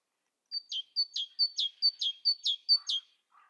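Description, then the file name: Great tit singing a repeated two-note phrase, a thin high whistle followed by a lower accented note, six times in steady rhythm, with a faint lower chirp at the end. "Parus major"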